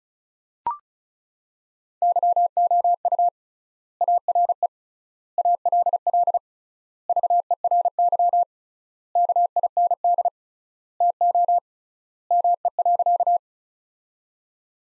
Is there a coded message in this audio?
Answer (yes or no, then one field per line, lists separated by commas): yes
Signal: Morse code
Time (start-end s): 2.0-13.4 s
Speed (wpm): 36 wpm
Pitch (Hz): 700 Hz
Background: none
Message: YOU ARE ALL VERY KIND TO ME.